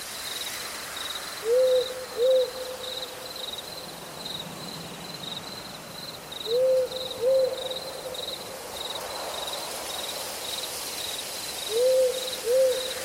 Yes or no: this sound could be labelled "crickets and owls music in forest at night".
yes